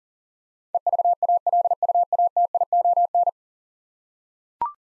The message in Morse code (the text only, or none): EVALUATION